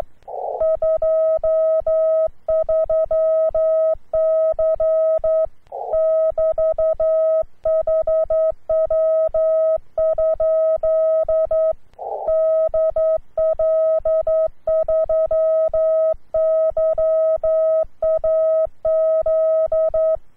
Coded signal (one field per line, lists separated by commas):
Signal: Morse code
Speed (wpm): 11 wpm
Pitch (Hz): 1280 Hz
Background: none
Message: 23C <BT> HW? DL3YAZ